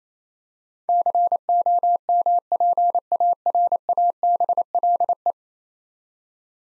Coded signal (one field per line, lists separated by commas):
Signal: Morse code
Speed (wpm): 28 wpm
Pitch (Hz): 700 Hz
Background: none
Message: COMPARABLE